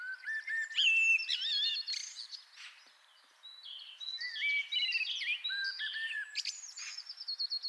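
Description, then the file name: Common blackbird song: varied fluty warbled notes mixed with high squeaks and twitters, pausing briefly midway, then resuming with a long run of busy chattering phrases. "Turdus merula"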